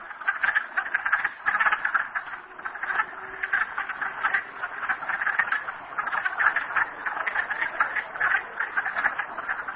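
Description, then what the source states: Frogs calling in a dense chorus, many overlapping pulsed, rattling trills in a steady unbroken wall of sound. Recorded at Merryspring.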